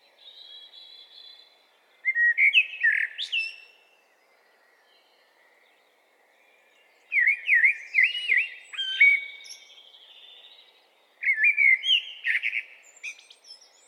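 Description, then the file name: Common blackbird singing three separate phrases, each a mellow, wavering warble followed by scratchy twittering, with quiet gaps of a few seconds between. "Turdus merula"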